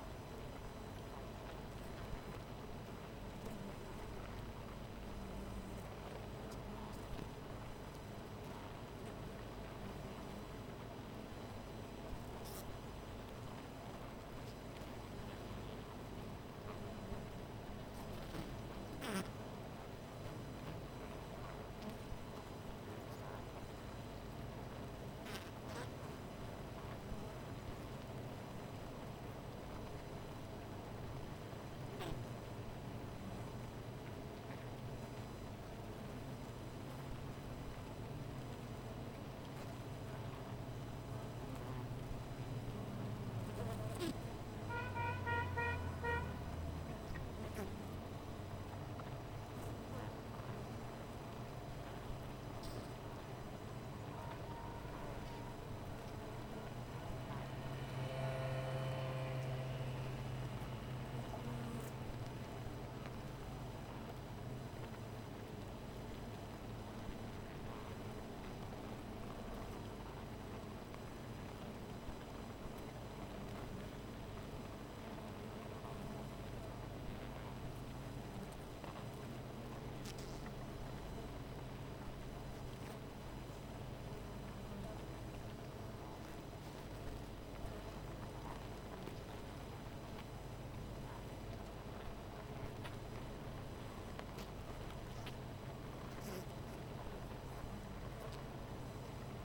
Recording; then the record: honeybee colony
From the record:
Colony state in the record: missing queen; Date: 14 July 2017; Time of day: 13:13